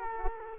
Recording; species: mosquito wingbeat signal from an infrared sensor; Culex quinquefasciatus